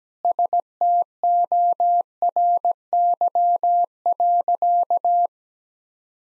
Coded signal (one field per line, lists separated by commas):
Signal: Morse code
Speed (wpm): 17 wpm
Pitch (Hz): 700 Hz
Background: none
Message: STORY.